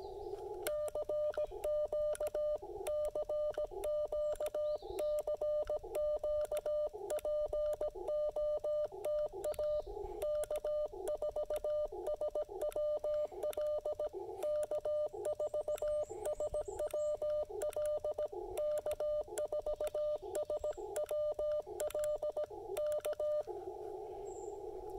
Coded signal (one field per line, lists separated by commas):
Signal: Morse code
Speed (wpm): 17 wpm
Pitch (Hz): 600 Hz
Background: none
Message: CQ CQ CQ POTA K4SWL K4SWL K4SWL K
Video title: POTA: Pairing the LDG Z-100 Plus, Icom IC-705, and Chameleon CHA Emcomm III Portable